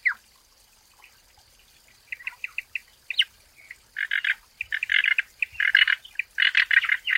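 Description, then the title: Frog: near silence at first, then frogs start croaking, building into a dense, loud chorus of rasping bursts over the last few seconds. In a forest. "林中蛙鸣鸟鸣"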